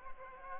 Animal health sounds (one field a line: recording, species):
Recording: mosquito wingbeat signal from an infrared sensor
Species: Aedes albopictus